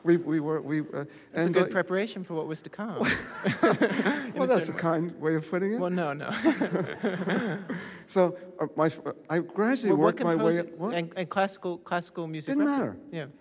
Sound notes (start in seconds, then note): 3.0 soundbite of laughter; 6.2 soundbite of laughter